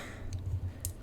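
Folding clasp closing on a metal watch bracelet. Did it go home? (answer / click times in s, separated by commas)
yes / 0.8 s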